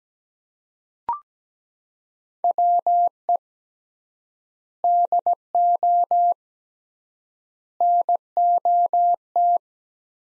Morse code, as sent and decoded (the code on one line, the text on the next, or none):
.-- . / -.. --- / -. --- -
WE DO NOT